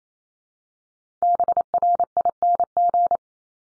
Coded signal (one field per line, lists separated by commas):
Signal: Morse code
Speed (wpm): 28 wpm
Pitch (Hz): 700 Hz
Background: none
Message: BRING